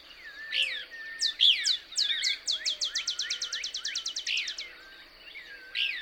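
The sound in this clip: Couch's Kingbird calling, with a few slurred chips opening into a fast, even rattle of sharp high ticks, then a lone chip at the end.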